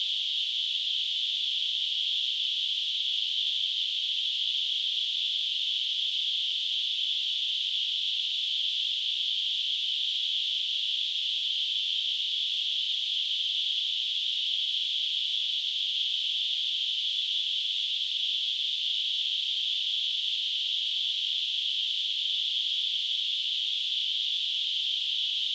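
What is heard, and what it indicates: A steady, unbroken high-pitched hiss centred around 3 to 4 kHz runs for the whole 26 seconds with no change in loudness or pitch. It is a simulated tinnitus sound, imitating the constant ringing or hissing a person with tinnitus hears.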